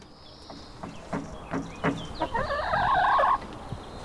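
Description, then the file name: Chickens clucking in short low bursts, then a longer wavering, harmonic call lasting about a second, with a faint steady background hum. Hens; recorded 5 April 2014. "Poules 5 04 14"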